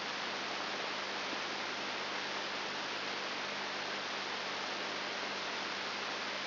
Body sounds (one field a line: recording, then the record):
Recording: brain microelectrode recording played as sound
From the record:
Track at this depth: inside the subthalamic nucleus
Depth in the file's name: 3.901 mm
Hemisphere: left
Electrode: 3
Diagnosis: Parkinson's disease